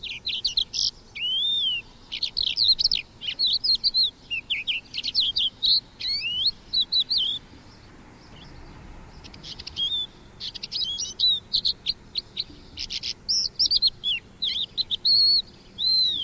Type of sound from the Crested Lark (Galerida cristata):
song